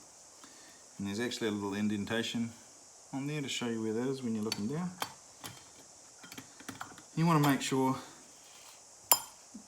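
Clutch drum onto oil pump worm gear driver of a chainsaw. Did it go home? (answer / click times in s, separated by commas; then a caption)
yes / 9.1 s. On a Stihl MS460 chainsaw rebuild, the clutch drum is fitted over the oil pump worm gear driver so its tab drops into the slot, letting the worm gear drive the oiler that feeds bar oil to the bar. Someone talks while faint handling taps sound, then a single sharp metallic click at 9.1 s marks the clutch drum seating and engaging the worm gear driver.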